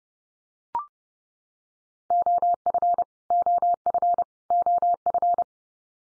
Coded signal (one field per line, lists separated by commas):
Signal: Morse code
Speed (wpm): 29 wpm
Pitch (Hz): 700 Hz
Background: none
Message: OF OF OF